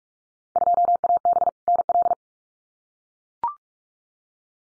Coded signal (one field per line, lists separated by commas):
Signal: Morse code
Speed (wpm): 44 wpm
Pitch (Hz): 700 Hz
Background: none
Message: 2AB NL